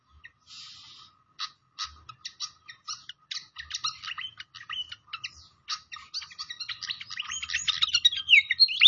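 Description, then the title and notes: Fantail chattering in rapid clicky chirps that grow denser and louder toward the end, ending in squeaky warbled whistles. Clear song mixed with the sound of flowing water, used as masteran for training songbirds. "Masteran Sikatan Kipas Suara Jernih Dan Suara Gemericik Air. Suara Burung Sikatan Londo"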